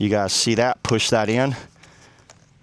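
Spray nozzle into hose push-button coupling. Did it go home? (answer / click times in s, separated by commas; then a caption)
no / none. A spray nozzle is handled at its push-button quick coupling on a hose while someone talks. After the talking stops, a few faint, brief handling sounds come through, but nothing has seated or clicked yet.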